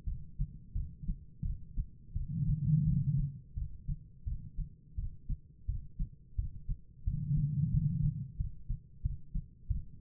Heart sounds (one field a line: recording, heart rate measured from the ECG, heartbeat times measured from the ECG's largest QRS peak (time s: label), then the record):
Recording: heart sounds by stethoscope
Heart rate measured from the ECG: 87 bpm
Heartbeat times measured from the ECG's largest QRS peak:
0.05 s: heartbeat
0.73 s: heartbeat
1.43 s: heartbeat
2.14 s: heartbeat
2.85 s: heartbeat
3.55 s: heartbeat
4.25 s: heartbeat
4.96 s: heartbeat
5.66 s: heartbeat
6.36 s: heartbeat
7.05 s: heartbeat
7.71 s: heartbeat
8.37 s: heartbeat
9.02 s: heartbeat
9.68 s: heartbeat
From the record:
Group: healthy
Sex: female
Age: 51 years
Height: 162 cm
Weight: 70.04 kg